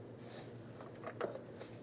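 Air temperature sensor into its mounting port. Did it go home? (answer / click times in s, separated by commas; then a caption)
yes / 1.1 s, 1.2 s. A new air temperature sensor for a 2005-2010 Dodge Dakota is pushed into its mounting port, wiggled back and forth, and twisted until it locks in place. Two short, close clicks sound at 1.1 s and 1.2 s over a quiet, steady background. The sensor twist-locks and is seated.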